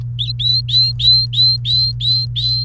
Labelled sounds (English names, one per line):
Domestic Canary song